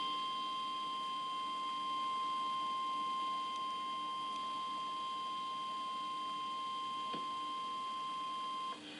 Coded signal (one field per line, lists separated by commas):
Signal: Emergency Alert System (SAME) tones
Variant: 1050 Hz attention tone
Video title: (EAS #830) RMT Again. On WLBT-TV 9/30/2023